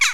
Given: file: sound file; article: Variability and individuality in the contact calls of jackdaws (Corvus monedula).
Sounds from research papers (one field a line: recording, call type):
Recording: jackdaw call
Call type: harmonic